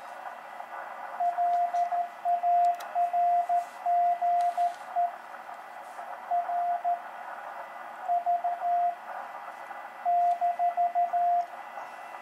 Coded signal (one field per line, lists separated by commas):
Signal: Morse code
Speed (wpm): 13 wpm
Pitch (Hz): 700 Hz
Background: radio noise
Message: LARGE RV -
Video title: Portable QSO - Begali Traveler CW Paddle- Bioenno Battery 100W